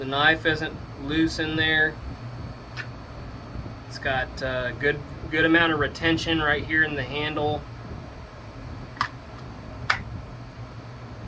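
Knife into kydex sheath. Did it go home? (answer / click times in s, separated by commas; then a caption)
yes / 9.0 s, 9.9 s. A knife is pushed into a finished kydex sheath. After someone talks over a low steady hum, two sharp clicks at 9.0 s and 9.9 s mark the handle retention point snapping in as it seats. The knife is then seated in the sheath.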